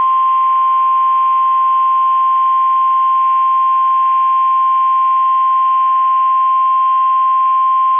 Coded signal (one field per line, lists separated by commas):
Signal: Emergency Alert System (SAME) tones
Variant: 1050 Hz attention tone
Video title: 9/27/23 - KEC65 Required Weekly Test (EAS #884)